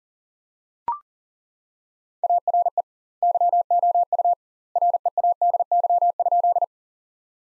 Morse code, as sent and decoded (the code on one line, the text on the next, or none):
.- .-. . / -.-- --- ..- / .-. . .- -.. -.-- ..--..
ARE YOU READY?